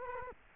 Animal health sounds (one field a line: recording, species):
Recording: mosquito wingbeat signal from an infrared sensor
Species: Culex quinquefasciatus